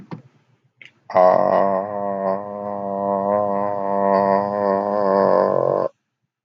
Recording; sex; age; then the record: vowel held as long as possible; male; 30 to 39 years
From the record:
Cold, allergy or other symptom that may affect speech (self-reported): no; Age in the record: 38 years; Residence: Pennsylvania, United States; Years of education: 16